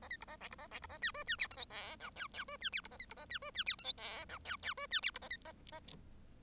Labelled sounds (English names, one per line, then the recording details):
Bengalese Finch song
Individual Bird1